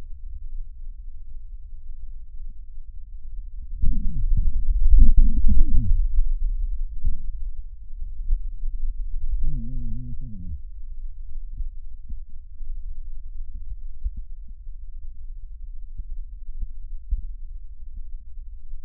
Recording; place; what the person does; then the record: lung sounds by stethoscope; left posterior basal chest; quiet breathing, then cough and speech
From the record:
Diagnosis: interstitial lung disease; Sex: male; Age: 61 years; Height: 172 cm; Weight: 71 kg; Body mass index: 24.0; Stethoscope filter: bell mode